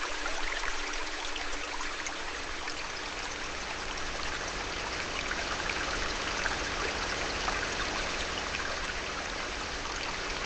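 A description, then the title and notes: Gentle water flows steadily, a soft continuous rush with fine trickling and bubbling detail throughout. The sound is even and dense from start to finish, bright and airy with little low rumble. Gentle Water Flow.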